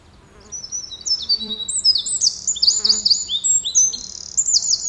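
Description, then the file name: Eurasian wren song: a rapid, loud cascade of very high, sharp notes and short trills that grows stronger after a quiet start and runs throughout. "Troglodytes troglodytes"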